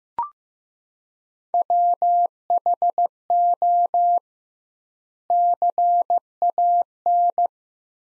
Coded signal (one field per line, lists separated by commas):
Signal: Morse code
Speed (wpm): 15 wpm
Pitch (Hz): 700 Hz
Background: none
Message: WHO CAN